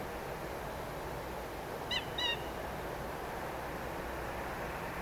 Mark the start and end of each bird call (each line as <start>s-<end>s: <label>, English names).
1.91s-2.34s: Eurasian Coot